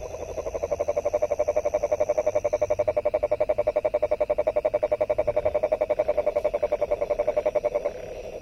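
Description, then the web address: Frog's rapid rattling trill, evenly pulsed, rising in strength after the opening second and tailing off near the end. 23 January 2022. "frog 20220123"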